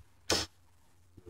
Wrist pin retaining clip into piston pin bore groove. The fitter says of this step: hear that audible click